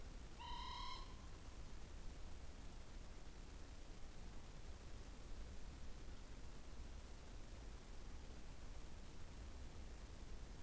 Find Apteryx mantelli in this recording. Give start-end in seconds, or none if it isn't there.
none